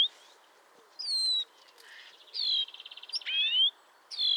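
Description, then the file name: European greenfinch calls: drawn-out whistled notes, a fast buzzy trill of pulsed notes, then a loud rising sweep, over faint background hiss. "Chloris chloris"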